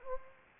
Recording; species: mosquito wingbeat signal from an infrared sensor; Anopheles gambiae